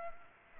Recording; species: mosquito wingbeat signal from an infrared sensor; Culex pipiens